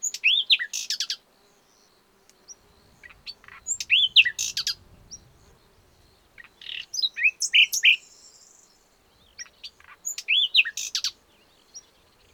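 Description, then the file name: Common nightingale singing in bursts of one to two and a half seconds, high rich whistles and rapid trills in varied phrases, separated by pauses of one to two seconds. "Luscinia megarhynchos"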